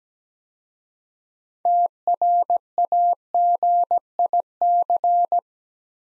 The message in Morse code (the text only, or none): TRAGIC